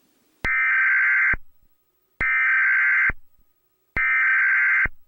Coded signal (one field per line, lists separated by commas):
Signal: Emergency Alert System (SAME) tones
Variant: header bursts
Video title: EAS Scenario #1: The Return of the Phoenix Lights